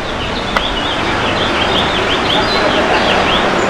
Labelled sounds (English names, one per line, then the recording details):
House Finch song
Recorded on Long Island, New York, on 15 June 2012
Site WI
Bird C